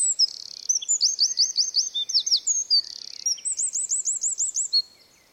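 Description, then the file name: Eurasian wren song already under way, a hurried run of high metallic notes, buzzy trills and a final rolling series, ending after about five seconds. "Troglodytes troglodytes"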